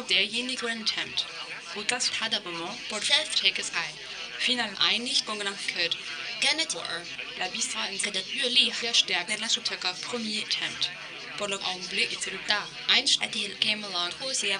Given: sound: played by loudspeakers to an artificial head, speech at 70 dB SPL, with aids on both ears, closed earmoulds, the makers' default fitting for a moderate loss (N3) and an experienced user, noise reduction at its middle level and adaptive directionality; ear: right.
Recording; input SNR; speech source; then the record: speech test signal (ISTS) in cocktail-party noise; +9 dB; in front (0 degrees)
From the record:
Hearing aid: class 2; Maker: A